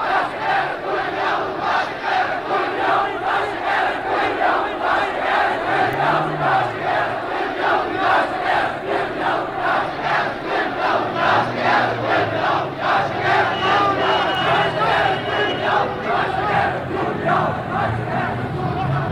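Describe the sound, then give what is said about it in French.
A large crowd chants the anti-war slogan "Down with the colonial war" in Portuguese in unison, the loud, rhythmic shouts repeating steadily without pause, a dense roar of many voices throughout. “Et la foule reprend à bas la guerre coloniale.”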